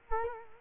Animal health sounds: mosquito wingbeat signal from an infrared sensor; Culex quinquefasciatus

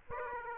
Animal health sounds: mosquito wingbeat signal from an infrared sensor; Aedes aegypti

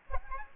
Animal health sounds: mosquito wingbeat signal from an infrared sensor; Aedes aegypti

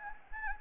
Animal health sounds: mosquito wingbeat signal from an infrared sensor; Anopheles gambiae

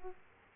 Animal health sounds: mosquito wingbeat signal from an infrared sensor; Aedes aegypti

